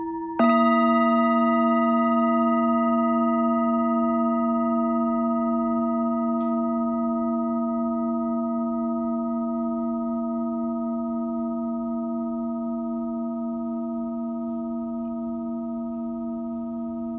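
A singing bowl is struck once, just after the start, and rings out for the rest of the clip. Its low, humming tones and a few bright overtones hold steady while fading very slowly, with a faint tick around six seconds.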